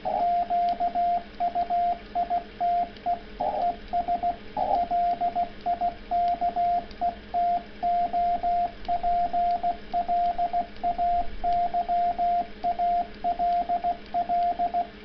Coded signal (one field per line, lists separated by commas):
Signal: Morse code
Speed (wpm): 16 wpm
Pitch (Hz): 690 Hz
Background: radio noise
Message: QUITE ES LIKE TO PLAY ALL